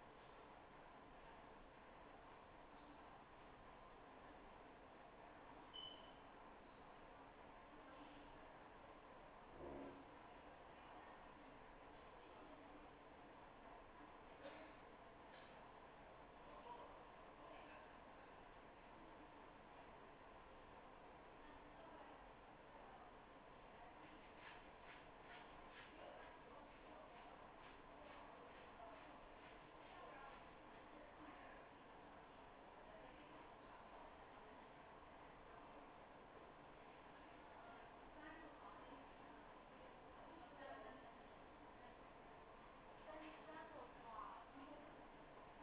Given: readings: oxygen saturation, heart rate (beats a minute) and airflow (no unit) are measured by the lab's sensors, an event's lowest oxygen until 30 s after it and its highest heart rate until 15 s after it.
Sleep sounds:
a person awake in a sleep study, by a voice recorder at the bedside; none
0.00-45.63 s: awake
0.00-45.63 s: awake
From the record:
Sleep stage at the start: awake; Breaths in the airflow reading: 16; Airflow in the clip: -0.7 to 0.7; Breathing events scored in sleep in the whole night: 263 in 5.5 hours asleep

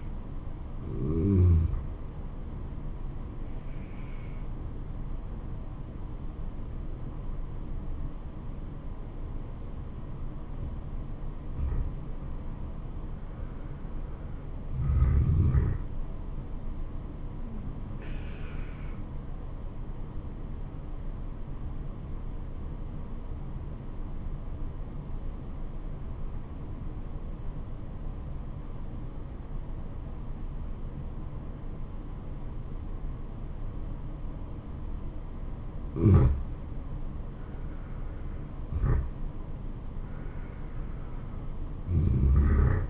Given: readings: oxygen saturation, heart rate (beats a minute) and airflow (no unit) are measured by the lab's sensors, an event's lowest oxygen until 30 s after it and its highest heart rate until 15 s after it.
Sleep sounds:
breathing in sleep by a smartphone at the bedside; 1
20.00-38.30 s: obstructive apnea (N2, oxygen 96% highest, then 90% lowest, heart rate 76 at the start, 77 highest)
From the record:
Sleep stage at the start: N2 (light sleep); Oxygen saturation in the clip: 87 to 96%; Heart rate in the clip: 70 to 84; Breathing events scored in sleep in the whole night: 426 in 7.4 hours asleep

